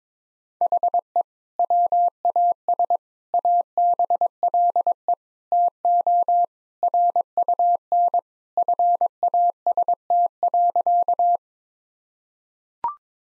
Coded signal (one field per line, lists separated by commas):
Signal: Morse code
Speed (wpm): 22 wpm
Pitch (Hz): 700 Hz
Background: none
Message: HE WAS ABLE TO RUN FAST.